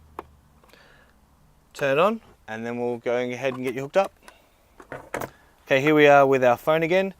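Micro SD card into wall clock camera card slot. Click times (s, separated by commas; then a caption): 0.2 s. A micro SD card is pushed into the card slot on the back of a wall clock hidden camera, label facing the clock mechanism, and it clicks into place at 0.2 s with a sharp, short snap. A couple of faint ticks follow at 0.6 and 0.7 s. The card is seated, and then someone talks.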